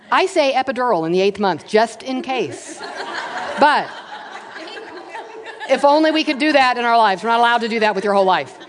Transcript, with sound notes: I say, “Epidural in the eighth month, just in case.” (laughter) But, if only we could do that in our lives. You’re not allowed to do that with your whole life.